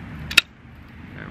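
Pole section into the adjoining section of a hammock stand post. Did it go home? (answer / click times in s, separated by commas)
yes / 0.4 s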